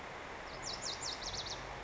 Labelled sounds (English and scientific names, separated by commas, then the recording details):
Lazuli Bunting (Passerina amoena)
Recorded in Sonoma County, California